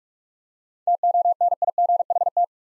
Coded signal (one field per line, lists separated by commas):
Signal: Morse code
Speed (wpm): 46 wpm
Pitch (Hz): 700 Hz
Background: none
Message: TONIGHT